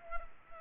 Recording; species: mosquito wingbeat signal from an infrared sensor; Culex quinquefasciatus